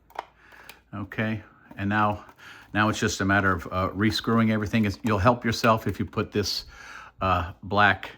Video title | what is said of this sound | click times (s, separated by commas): Rug Doctor model 93390 Leaky spray nozzle fix | And uh then the bottom housing kind of kind of clicks in place initially. | 0.2 s